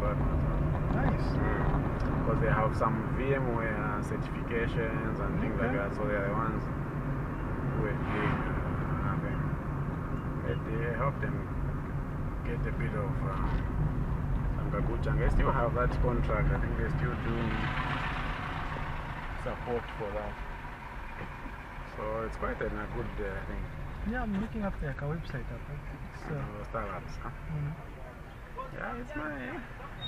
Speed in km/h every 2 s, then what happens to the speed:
29, 35, 33, 35, 32, 28, 24, 21, 23, 16, 6, 9, 10, 9, 5.
0-7 steady at about 33. 7-14 slows to 21. 17-20 brakes to 6.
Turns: none.